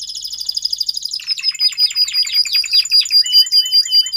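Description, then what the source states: Domestic canary song opening with a rapid even high trill, then breaking into quick downward-sweeping notes and varied chattering phrases. Male Belgian canary singing a lot, for training and warming up young canaries.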